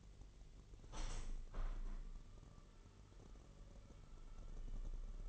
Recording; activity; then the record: daily activity, microphone in the room; open window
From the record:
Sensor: 4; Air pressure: 999.4 hPa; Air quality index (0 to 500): 112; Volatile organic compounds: 2 ppm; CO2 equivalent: 1102 ppm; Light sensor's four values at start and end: 14/33/13/15 and 14/33/13/15